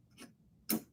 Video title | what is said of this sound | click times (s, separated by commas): Setting up Spirit halloween's 2018 Michael meyers | Like that. Make sure it clicks in. | 0.7 s